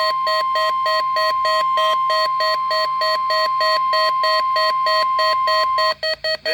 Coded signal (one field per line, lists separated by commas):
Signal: Emergency Alert System (SAME) tones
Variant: 1050 Hz attention tone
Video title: Required Weekly Test over KHB41 (EAS Alert #14)